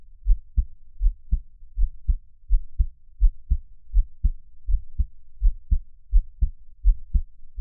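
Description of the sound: A normal adult heartbeat heard through a close microphone, with no talking.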